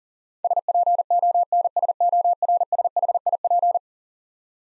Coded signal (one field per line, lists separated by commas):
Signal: Morse code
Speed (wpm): 37 wpm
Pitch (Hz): 700 Hz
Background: none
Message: SPONSORSHIP